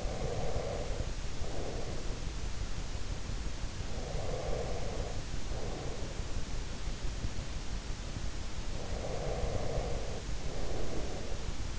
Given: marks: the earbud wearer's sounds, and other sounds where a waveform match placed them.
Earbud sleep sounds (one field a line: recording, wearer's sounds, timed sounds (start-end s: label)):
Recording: sounds in sleep by an in-ear microphone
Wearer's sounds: breath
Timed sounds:
0.00-2.42 s: breath
3.64-6.50 s: breath
8.41-11.78 s: breath